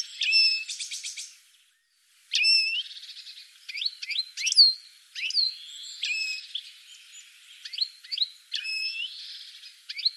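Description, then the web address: Bird opening with a rapid high trill, then after a pause a series of separate high notes at irregular intervals. "cianscape birddata"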